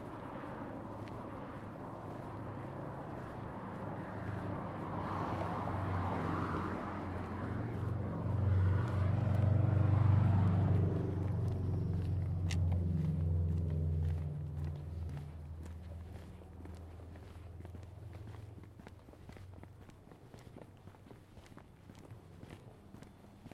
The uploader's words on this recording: Karen Eisenbrey and Keith Eisenbrey stroll in the neighborhood of the Tintinabulary, Seattle.